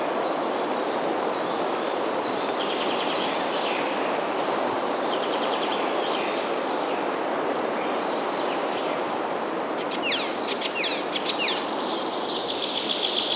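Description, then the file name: Forest birds singing: scattered high chirps and thin trills, with rapid repeated notes near the end, over a steady broad hiss of background noise. "Animals Forest Birds Sounds"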